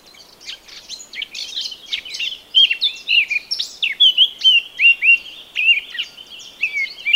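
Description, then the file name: Eurasian blackcap song: a rapid jumble of scratchy, twittering notes building into louder, clearer whistled phrases, delivered as one continuous warble. "Sylvia atricapilla"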